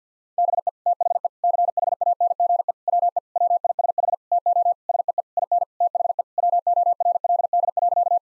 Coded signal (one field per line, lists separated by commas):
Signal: Morse code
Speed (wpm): 50 wpm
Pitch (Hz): 700 Hz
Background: none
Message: BE THE CHANGE WE WISH TO SEE IN THE WORLD.